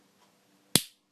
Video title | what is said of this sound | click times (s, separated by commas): Transformers Generations Orion Pax | to lock that into place and it's just | 0.8 s